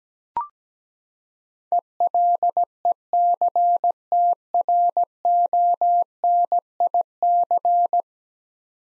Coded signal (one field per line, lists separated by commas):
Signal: Morse code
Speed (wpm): 17 wpm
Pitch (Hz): 700 Hz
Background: none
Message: ELECTRONIC